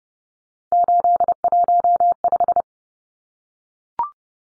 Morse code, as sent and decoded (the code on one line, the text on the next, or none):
---.. .---- .....
815